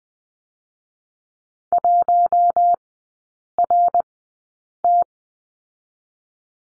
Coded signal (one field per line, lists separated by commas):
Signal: Morse code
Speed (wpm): 20 wpm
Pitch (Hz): 700 Hz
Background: none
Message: 1RT